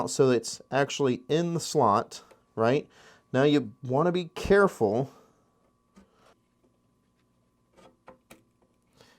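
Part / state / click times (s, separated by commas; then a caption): RAM module into motherboard memory slot / seated / 8.1 s, 8.3 s. Someone talks for the first five seconds, then a RAM memory module is pushed squarely down into a motherboard DIMM slot. Short, sharp clicks sound at 8.1 and 8.3 seconds as the plastic retention lever latches, and the module is seated.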